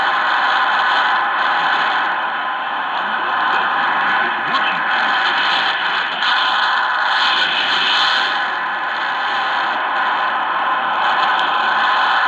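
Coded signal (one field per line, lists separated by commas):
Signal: numbers station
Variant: HM01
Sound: continuous dense digital hiss with many faint parallel tones, steady for the whole clip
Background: radio static, interfering station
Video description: Here is some audio from HM01, the Cuban Spy Numbers station with WBCQ heard underneath it on 9330 KHz.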